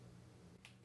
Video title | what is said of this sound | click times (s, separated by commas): Clip on Hair Extensions - Seamless Hair Extensions and Clip on Bangs | place your fingers on either side of the clip and press down to snap into place | 0.7 s